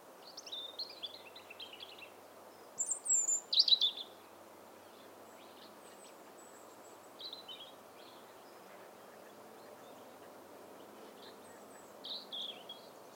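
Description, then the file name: European robin song, scattered high thin warbling phrases with a louder burst around three seconds, separated by quiet gaps over steady background hiss. "Erithacus rubecula"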